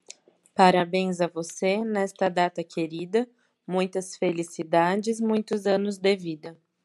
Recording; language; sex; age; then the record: short text; Brazilian Portuguese; female; 30 to 39 years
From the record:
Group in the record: control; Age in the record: 33 years